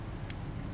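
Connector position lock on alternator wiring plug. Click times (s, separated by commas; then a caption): 0.3 s. On a 2011 Ram 1500 with a new alternator that is not charging (codes P0622 and P063A), the plastic connector position lock on the alternator wiring plug is pushed back up into place. One sharp, brief click sounds at 0.3 s over a steady low rumble, and the lock seats and latches in.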